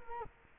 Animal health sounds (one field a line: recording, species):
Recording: mosquito wingbeat signal from an infrared sensor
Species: Culex quinquefasciatus